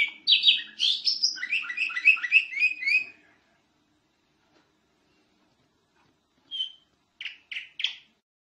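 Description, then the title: Canary song: a three-second burst of fast varied trilled notes, silence for about three seconds, then four short clipped chirps near the end. Prolific, champion-level singing canary. "Suara Kenari Gacor Suara Kicau Burung Kenari Gacor Juara 1"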